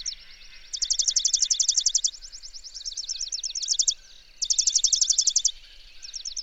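Bird song in short bursts: fast, high, buzzing trills lasting about a second, separated by brief pauses and looser chirps, faint background twittering throughout.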